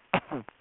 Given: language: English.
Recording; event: throat vibration sensor signal played as sound; cough